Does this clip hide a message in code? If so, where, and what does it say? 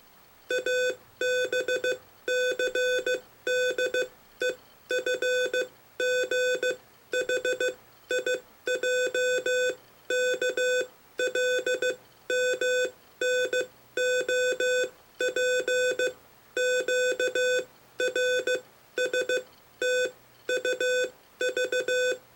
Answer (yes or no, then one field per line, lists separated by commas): yes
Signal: Morse code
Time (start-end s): 0.5-22.1 s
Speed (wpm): 15 wpm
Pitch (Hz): 1500 Hz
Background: none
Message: ABCDEFGHIJKLMNOPQRSTUV